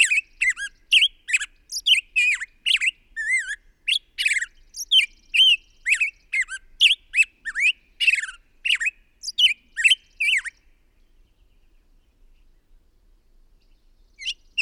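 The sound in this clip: Bird song: a long chattering stream of squeaky, swooping chirps lasting ten seconds, then near silence before a couple more notes at the end.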